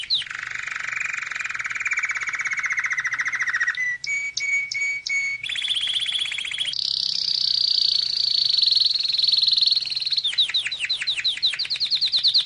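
Canary song: buzzy rattling tour, a few clear whistled notes, a fast high trill, then quick descending chirps.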